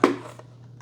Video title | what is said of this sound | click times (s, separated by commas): iRobot Roomba How to Remove Clean & Replace Filters, Rollers & Brushes How To Reset Reminder | until it snaps | 0.0 s